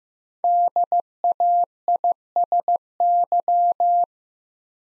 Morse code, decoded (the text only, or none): DAISY